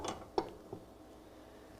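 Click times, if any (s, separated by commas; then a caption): 0.4 s. The standard build platform of a P 20 I resin 3D printer is set onto its mount, its three holes fitting exactly over the locating points. A sharp knock at 0.4 s marks the platform seating, followed by a fainter knock at 0.7 s and then quiet.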